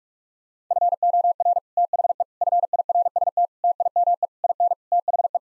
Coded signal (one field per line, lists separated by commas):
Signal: Morse code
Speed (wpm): 46 wpm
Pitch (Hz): 700 Hz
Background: none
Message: FOR THE FIRST TIME IN THE